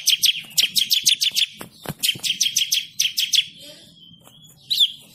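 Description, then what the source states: Bird song: quick bursts of sharp, high chirps in rapid runs, broken by short pauses, ending with a single separate note. Bird ringtone with a melodious voice.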